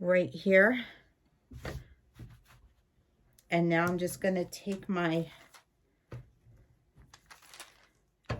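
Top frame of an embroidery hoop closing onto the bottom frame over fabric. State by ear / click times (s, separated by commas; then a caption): seated / 8.3 s. Someone talks, then lines up the top frame of an embroidery hoop over a quilt sandwich on the bottom frame and presses it down. After some light handling sounds, the top frame snaps shut onto the bottom frame over the fabric with a sharp click at 8.3 s, seating the hoop in place.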